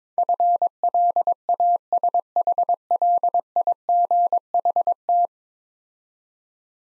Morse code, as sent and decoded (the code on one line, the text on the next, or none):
..-. .-.. .- ... .... .-.. .. --. .... -
FLASHLIGHT